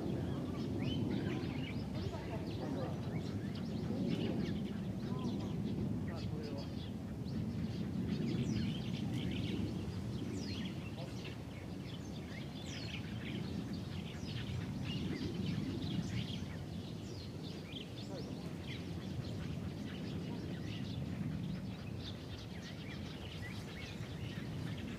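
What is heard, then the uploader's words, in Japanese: Many birds of different kinds chatter and chirp together in a big tree in a park, their calls dense and overlapping throughout. A steady low rumble, like distant traffic or murmuring, runs underneath the whole time, swelling and easing slightly. 公園、鳥がいっぱい。公園にある大きな木にいろんな種類の鳥が集まっていました。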